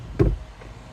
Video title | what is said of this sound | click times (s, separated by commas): Replace Cabin Air Filter 2015-2020 Yukon Tahoe Escalade Easy | So I just went and closed it normally to get these to snap in, and you know, just kind of push it in normally like you're going to close it, and these will snap right in. | 0.2 s